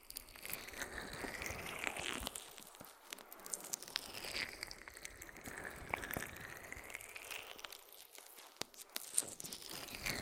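An ear massage with aloe, made up of dense, continuous crinkling and crackling rubs with a bright, hissy texture. The rubbing swells and fades in slow sweeps, with sharp clicks and pops scattered throughout, notably around 2, 6 and 8.5 seconds.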